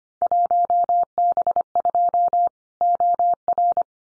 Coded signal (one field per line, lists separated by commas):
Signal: Morse code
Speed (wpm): 25 wpm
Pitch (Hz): 700 Hz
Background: none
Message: 1B2 OR